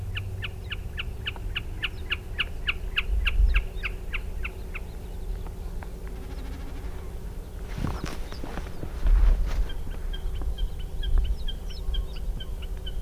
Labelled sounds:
Common Snipe

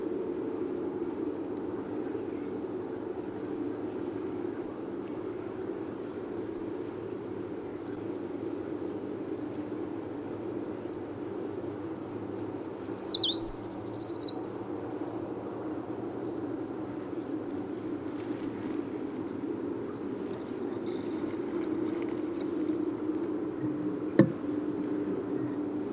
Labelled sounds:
Eurasian Treecreeper song

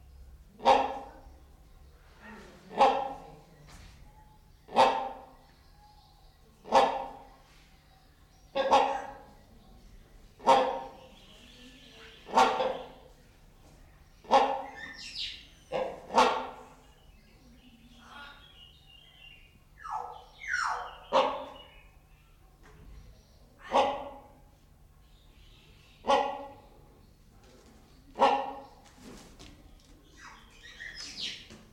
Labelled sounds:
Common Hill Myna

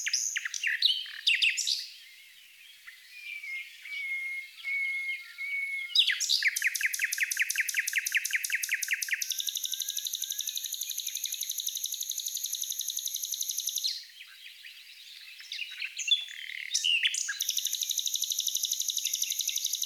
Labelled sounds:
Common Nightingale song

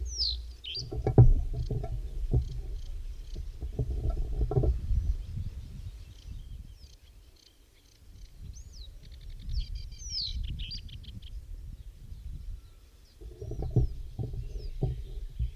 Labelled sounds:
Reed Bunting song

